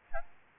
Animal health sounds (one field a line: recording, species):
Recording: mosquito wingbeat signal from an infrared sensor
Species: Aedes albopictus